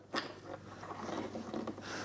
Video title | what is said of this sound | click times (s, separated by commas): Manual Transmission Swapping My 4x4 | like that and then it's locked into place | 0.2 s, 1.7 s